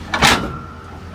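A truck backs under a trailer's pin box until the steel fifth wheel hitch jaws close around the trailer kingpin, giving a sharp click at 0.1 s followed by a louder metallic clunk and a fading ring. The jaws lock around the kingpin and the hitch is seated.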